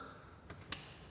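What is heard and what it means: A 2021 Polaris canvas door with Lock & Ride is pushed closed so its latch engages on the striker pin of a UTV cab frame. After a faint tick at 0.5 s, a sharp click at 0.7 s marks the initial latch engagement, the first of two clicks. The door reaches only this first stage, and more force is needed to reach the final latch engagement.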